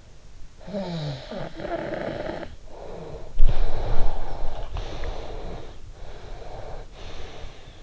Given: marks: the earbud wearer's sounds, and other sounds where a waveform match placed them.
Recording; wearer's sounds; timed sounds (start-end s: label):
sounds in sleep by an in-ear microphone; snoring breath, breath
0.49-3.37 s: snoring breath
3.54-5.86 s: breath
5.91-7.83 s: breath